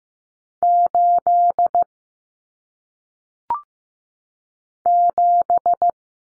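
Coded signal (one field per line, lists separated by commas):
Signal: Morse code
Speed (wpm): 15 wpm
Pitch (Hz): 700 Hz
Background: none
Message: 8 7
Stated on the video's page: Lesson on common single-digit cut numbers at 15 wpm; T, A, N stand for 0, 1, 9; each sent, spoken, sent again.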